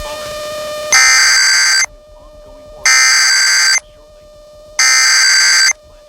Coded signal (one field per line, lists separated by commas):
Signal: Emergency Alert System (SAME) tones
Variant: header bursts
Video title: Trouble On Both Sides | EAS Alerts from 7/10/2022 (EAS #1292-1308)